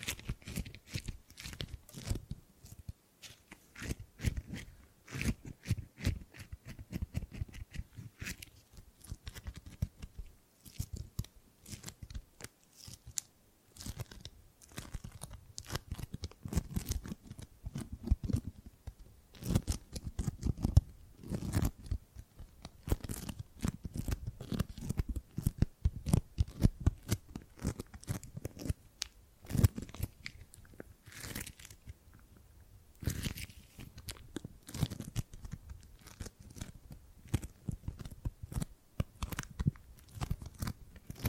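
Tingly gripping and grabbing sounds fill the whole stretch: quick, dense bursts of crisp crunching and scratching, some heavier with a low thump. They come in irregular flurries with brief pauses, notably near 3, 13 and 32 seconds, and nothing else plays underneath.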